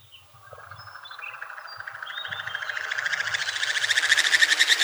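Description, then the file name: Great snipe display, starting faint and building into a loud, fast, pulsed rattling series that grows stronger toward the end. "Dupel lesnoj"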